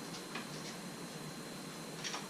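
The plastic cover of a replacement exterior side mirror on an MK5 VW Jetta is pressed onto the mirror housing. A single short click at 0.4 s marks it snapping in place, over a steady low background hum, with another faint brief sound near 2.1 s. The cover is seated.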